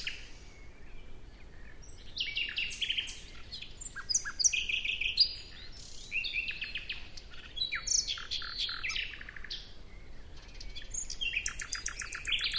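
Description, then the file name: Common nightingale song, varied phrases of sharp chirps and short buzzy trills, with a high rapid rattle near the end over faint background noise. "Luscinia megarhynchos"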